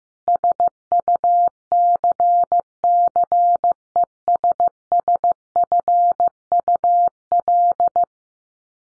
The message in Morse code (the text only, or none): SUCCESSFUL